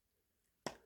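A screw in a hole of the plastic housing of an 88-key Korg Kross-2 keyboard, opened for a full replacement of its contact pads, is turned counter-clockwise until its thread drops into the existing thread. After a quiet stretch, a single sharp click sounds at 0.7 s and fades over about a quarter second. The screw has seated in the existing thread, ready to be driven in.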